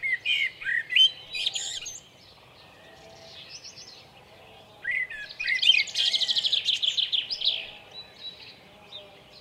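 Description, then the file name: Common blackbird singing: a fluted, warbling phrase, a quiet gap of a few seconds, then a second phrase ending in a long burst of rapid high twittering. At Lucenay. "merle lucenay"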